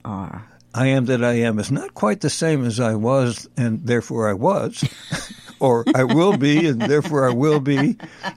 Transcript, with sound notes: I am that I am is not quite the same as, "I was, and therefore I was."
(laughs)
Or, "I will be and therefore I will be."